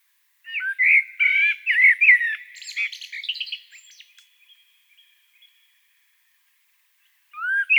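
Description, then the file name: Common blackbird singing a fluted warbling phrase that rises into a high scratchy twitter and fades. A new phrase begins at the very end. "Turdus merula"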